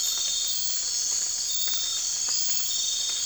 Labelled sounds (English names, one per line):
none